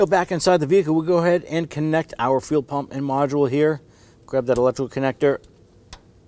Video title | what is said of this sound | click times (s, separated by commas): How to Replace Fuel Tank 2005-2009 Subaru Legacy 2.5L H4 | Push that down. You're going to hear and feel it lock into place. | 5.9 s